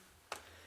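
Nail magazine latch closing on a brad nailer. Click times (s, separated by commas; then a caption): 0.3 s. The nail magazine on an 18-gauge brad nailer is closed along its rail, and its smooth lock engages with a single sharp click at 0.3 s. The click stands out clearly over a faint low hum, and the magazine latch is shut and seated.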